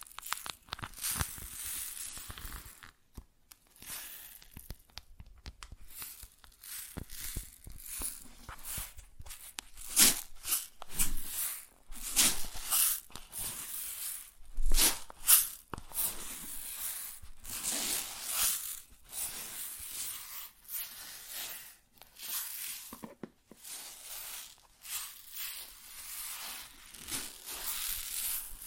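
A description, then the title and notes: Grain shifting and pouring in irregular bursts, a dense hiss of tiny particles strongest in the high, bright range. The rustle swells and thins constantly, with sharper rushes around 10 and 15 seconds and brief near-silent gaps between handfuls. ASMR Grain Sounds (No Talking).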